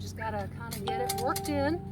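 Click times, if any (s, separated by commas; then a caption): none. A steel fire pit panel's connector is being worked into the receiver of the adjoining panel while someone talks over a steady low hum. No sharp sound stands out, and nothing has seated or clicked yet.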